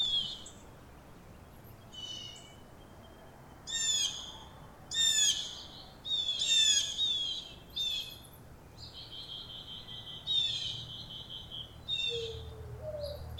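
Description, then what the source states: Birds singing: bright, rapid twittering phrases in repeated bursts and one longer drawn-out note, over a quiet low background hum. Birds singing in a park.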